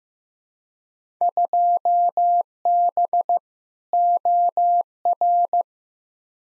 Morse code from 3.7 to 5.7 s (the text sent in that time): OR